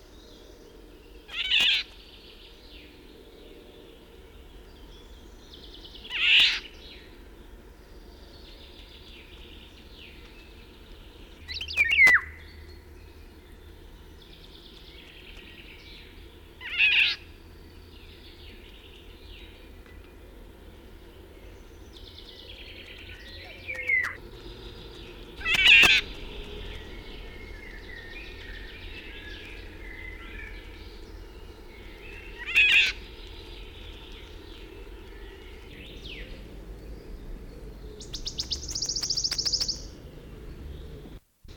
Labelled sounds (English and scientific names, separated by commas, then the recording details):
Eurasian Golden Oriole (Oriolus oriolus)
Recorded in the wild
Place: Wolin, Westpommern, PL
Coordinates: 53.882, 14.582
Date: 1972-06-03
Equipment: Nagra III BH, Sennheiser MD 21, parabola
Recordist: Schubert, Michael